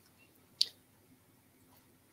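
The spring-loaded pin of a watch strap is pushed into the small hole drilled in the side of an anodized aluminum watch case lug. One sharp, bright click sounds at 0.6 s over quiet background hiss. The pin locks into place and the strap is seated.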